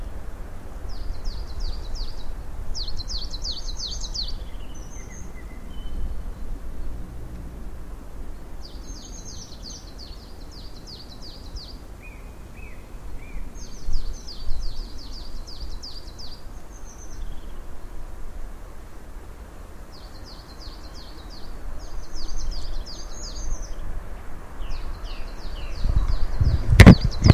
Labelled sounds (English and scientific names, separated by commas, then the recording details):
Coal Tit (Periparus ater) song
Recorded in the wild
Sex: male
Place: Birken-Honigsessen, Westerwald, Rheinland-Pfalz, DE
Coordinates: 50.8192, 7.76194
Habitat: mixed forest
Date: 1992-03-18 16:09
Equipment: Aiwa HD-S1, Sennheiser ME 80, 1:1 Kopie
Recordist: Frommolt, Karl-Heinz